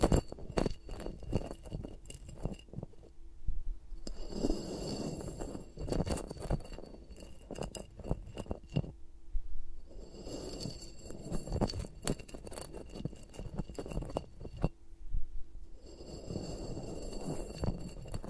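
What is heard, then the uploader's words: Fingers rub, brush and tap around a microphone in dense, muffled bursts of scratching and patting, mostly low and thick. The busy stretches come in waves, with brief quieter pauses near 4, 9.5 and 15 seconds. A faint steady high whine sits underneath throughout. ASMR with Mics Around My Fingers (No Talking).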